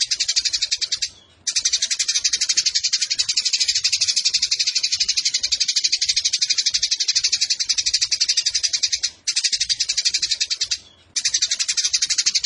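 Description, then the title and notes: Eurasian tree sparrow song: high, rapid chattering chirps in long bursts separated by three short silences. Fighting-style 'tarung nembak panjang' song with long shooting phrases and a clear voice, used as tutor song (masteran) for competition birds. "GEREJA TARUNG NEMBAK PANJANG SUARA JERNIH. Burung Gereja"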